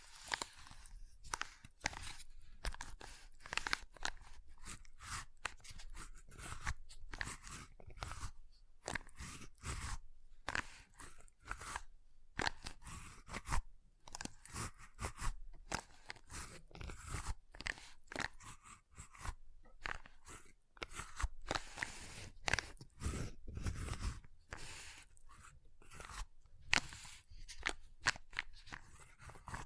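Ice being tapped, scratched and carved in a dense run of short, crunchy strikes and scrapes that continue for the full thirty seconds. Hits arrive quickly and unevenly, some sharp and bright, others duller, broken by brief silences around the twelve- and twenty-second marks.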